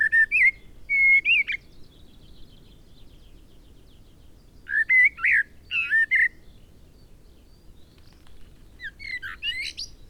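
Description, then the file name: Eurasian blackbird song: a run of mellow fluted phrases with scratchy high twitters, ending in a faint squeaky flourish. "Turdus merula"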